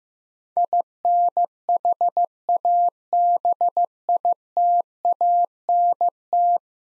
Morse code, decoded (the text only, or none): INHABITANT